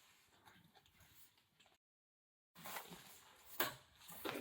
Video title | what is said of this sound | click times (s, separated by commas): The Perfect Baby Playpen: Baybee Baby Playard Baby Bed Cot Unboxing, Review, and Setup | इस प्रकार य lock हो गया है यसे लॉक हो जाएगा बस आपको कुछ करना नहीं है | 3.6 s